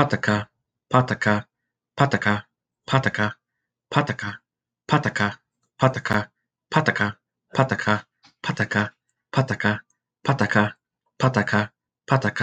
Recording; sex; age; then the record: repeated syllables /pa ta ka/; male; 30 to 39 years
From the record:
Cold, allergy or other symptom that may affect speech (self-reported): no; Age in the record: 33 years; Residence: California, United States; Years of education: 20